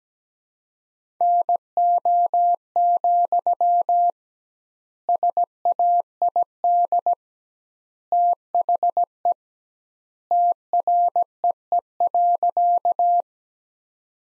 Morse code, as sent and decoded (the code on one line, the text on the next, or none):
-. --- --..-- / ... .- .. -.. / - .... . / - .-. . . .-.-.-
NO, SAID THE TREE.